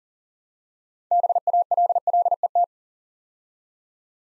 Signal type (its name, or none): Morse code